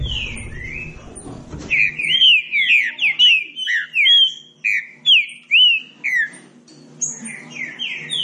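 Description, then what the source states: Green-winged saltator song: a string of rich whistled, slurred phrases after a short noisy start. Classic song style (canto clássico) used as a training recording.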